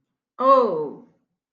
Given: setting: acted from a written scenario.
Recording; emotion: vocal sound without words; shame